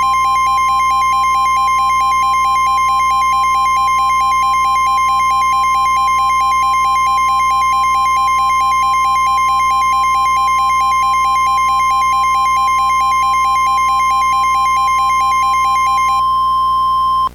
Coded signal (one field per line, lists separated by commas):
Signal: Emergency Alert System (SAME) tones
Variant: 1050 Hz attention tone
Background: music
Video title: EAS Scenario: Bad apple slices